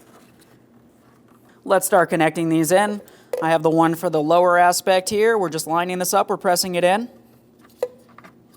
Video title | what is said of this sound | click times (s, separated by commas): How to Replace Tail Lights 2007-2014 Ford Edge | Audible click from that, a light tug. | 7.8 s